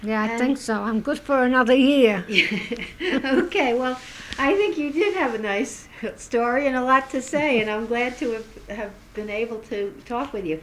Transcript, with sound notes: I think so. I'm good for another year. ( they laugh )
Okay. Well, I think you have a nice story and a lot to say, and I'm glad to have been able to talk with you.